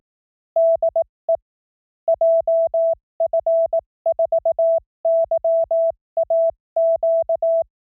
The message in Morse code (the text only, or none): DE JF4YAQ